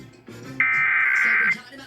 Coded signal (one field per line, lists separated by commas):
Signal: Emergency Alert System (SAME) tones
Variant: header bursts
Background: speech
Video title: North Carolina Required Monthly Test from May 7, 2026 on WDCG and WQDR (EAS #215 - #216)